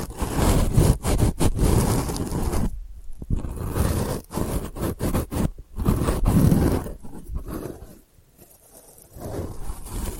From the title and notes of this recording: ASMR Delicate Scratching for Sleep (No Talking).